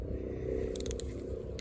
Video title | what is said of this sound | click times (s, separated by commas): Crown Vic Rear Axle Housing Repair and Reassembly | it clicks off. So we're good there. | 0.8 s